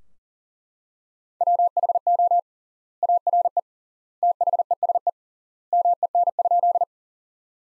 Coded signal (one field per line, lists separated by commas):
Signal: Morse code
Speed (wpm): 40 wpm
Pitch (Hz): 700 Hz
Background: none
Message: WHO ARE THESE MEN?